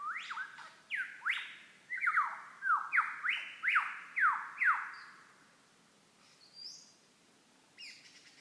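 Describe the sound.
Lyrebird song: loud whistled notes sweeping steeply downward, given in a quick uneven series, then fading into a few softer, higher chirps near the end.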